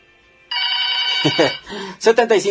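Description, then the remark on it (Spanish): A telephone in a radio booth rings with a bright, steady electronic tone that starts abruptly after a short silence, then a voice begins talking over it and continues briefly. “por si nos quieren llamar y platicar con nosotros, ahí está la línea telefónica.”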